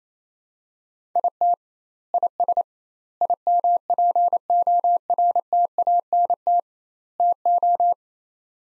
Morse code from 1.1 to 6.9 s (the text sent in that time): IT IS IMPORTANT